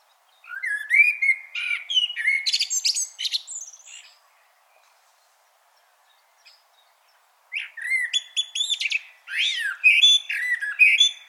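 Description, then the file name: Common blackbird song in two long phrases, each a low whistled warble running into rapid, shrill twittering, with a pause of about three seconds between them. "Turdus merula"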